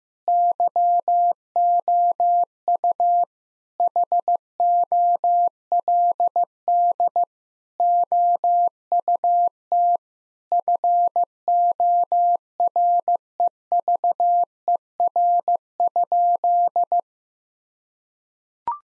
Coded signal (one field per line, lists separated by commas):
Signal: Morse code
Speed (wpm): 16 wpm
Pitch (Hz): 700 Hz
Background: none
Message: YOU HOLD OUT FOREVER?